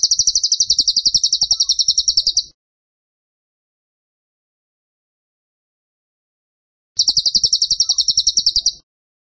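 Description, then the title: Bird delivering two fast, rattling trains of high, sharp chirps, separated by a pause of several seconds. Masteran (training) recording of a bird singing vigorously (gacor) in the tembakan style. "Masteran Burung Tembakan Gacor"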